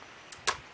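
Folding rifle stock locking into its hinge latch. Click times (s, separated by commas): 0.3 s, 0.5 s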